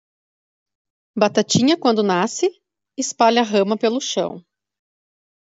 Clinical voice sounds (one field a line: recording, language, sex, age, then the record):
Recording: short text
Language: Brazilian Portuguese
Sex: female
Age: 40 to 49 years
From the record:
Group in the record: control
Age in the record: 41 years